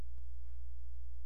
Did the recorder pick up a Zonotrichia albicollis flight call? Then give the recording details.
no. No flight call is heard. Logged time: 00:14 on 16 September 2014